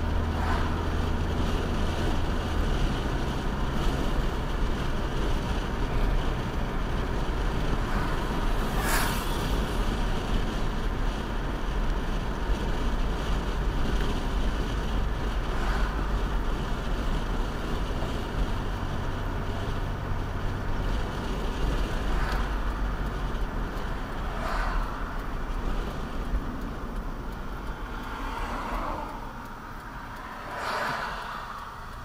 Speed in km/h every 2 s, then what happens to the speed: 60, 63, 64, 66, 66, 66, 64, 61, 58, 58, 60, 58, 55, 47, 27, 10.
0-5 speeds up to 66. 5-11 steady at about 66. 11-16 slows to 58. 16-23 steady at about 58. 23-32 brakes to 10.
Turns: none.